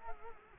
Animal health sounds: mosquito wingbeat signal from an infrared sensor; Culex quinquefasciatus

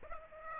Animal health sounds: mosquito wingbeat signal from an infrared sensor; Aedes aegypti

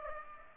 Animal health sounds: mosquito wingbeat signal from an infrared sensor; Aedes aegypti

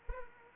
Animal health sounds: mosquito wingbeat signal from an infrared sensor; Anopheles arabiensis

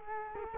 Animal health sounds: mosquito wingbeat signal from an infrared sensor; Culex quinquefasciatus

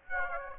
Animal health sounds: mosquito wingbeat signal from an infrared sensor; Aedes aegypti

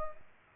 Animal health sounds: mosquito wingbeat signal from an infrared sensor; Aedes aegypti

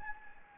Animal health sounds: mosquito wingbeat signal from an infrared sensor; Anopheles gambiae

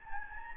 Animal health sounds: mosquito wingbeat signal from an infrared sensor; Anopheles gambiae

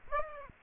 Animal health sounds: mosquito wingbeat signal from an infrared sensor; Aedes aegypti

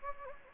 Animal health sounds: mosquito wingbeat signal from an infrared sensor; Anopheles gambiae

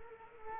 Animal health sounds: mosquito wingbeat signal from an infrared sensor; Culex quinquefasciatus

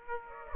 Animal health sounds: mosquito wingbeat signal from an infrared sensor; Aedes aegypti

